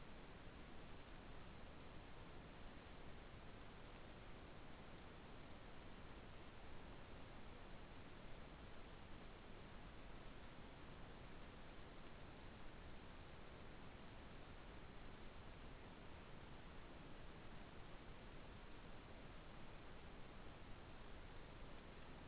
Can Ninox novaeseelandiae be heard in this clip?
no